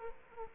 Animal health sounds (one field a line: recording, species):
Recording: mosquito wingbeat signal from an infrared sensor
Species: Aedes aegypti